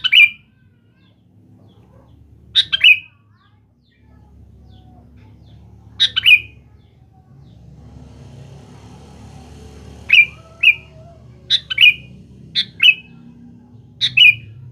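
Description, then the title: Sooty-headed bulbul song: short bright chirped phrases given singly at first, then in a quicker run of several near the end. "Kutilang"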